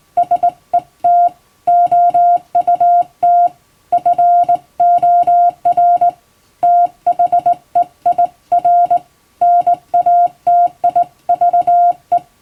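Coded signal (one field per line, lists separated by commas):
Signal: Morse code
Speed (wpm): 20 wpm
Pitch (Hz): 700 Hz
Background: music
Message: SET OUT FOR THEIR NATIVE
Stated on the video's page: Hand-sent Morse from an English-language telegram practice book, by a former first-class radiotelegraph operator, for practice.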